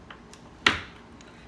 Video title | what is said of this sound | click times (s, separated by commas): Labor of love for a curbside unicorn find! | that click, that's it, once you get to that click. It's in! | 0.7 s